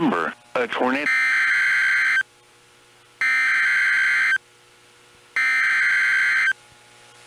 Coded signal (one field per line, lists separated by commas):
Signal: Emergency Alert System (SAME) tones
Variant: header bursts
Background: speech